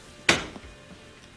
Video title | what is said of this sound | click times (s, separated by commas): ✨ Bottom Freezer Door Not Fully Closing — EASY FIX ✨ | it click did the one on the right then the one on the left | 0.3 s